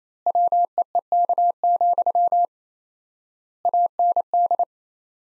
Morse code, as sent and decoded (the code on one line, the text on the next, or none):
.-- . . -.- --..-- / .- -. -..
WEEK, AND